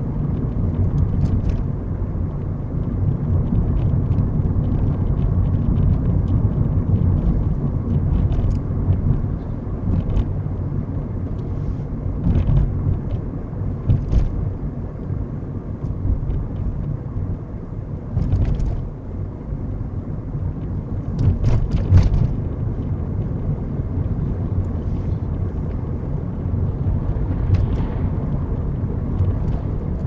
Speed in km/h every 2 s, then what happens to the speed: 40, 40, 42, 42, 42, 42, 40, 39, 37, 37, 39, 40, 40, 42, 42.
0-30 steady at about 40.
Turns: none.